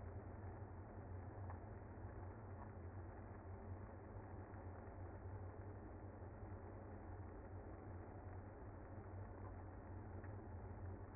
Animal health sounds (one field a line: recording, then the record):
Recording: honeybee colony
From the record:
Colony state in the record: active